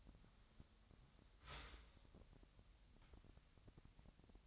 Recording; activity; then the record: daily activity, microphone in the room; start toaster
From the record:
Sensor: 3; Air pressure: 1001.9 hPa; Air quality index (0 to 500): 245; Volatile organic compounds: 49 ppm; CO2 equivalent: 3278 ppm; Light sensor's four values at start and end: 13/40/17/15 and 13/40/17/15